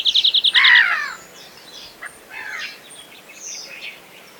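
European greenfinch song opening with a rapid high trill of even notes, then sliding twittery phrases, followed by fainter scattered chirps and background noise.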